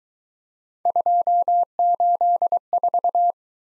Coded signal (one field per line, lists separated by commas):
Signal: Morse code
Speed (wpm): 21 wpm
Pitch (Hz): 700 Hz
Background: none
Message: 284